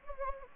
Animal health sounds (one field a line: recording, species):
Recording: mosquito wingbeat signal from an infrared sensor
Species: Anopheles gambiae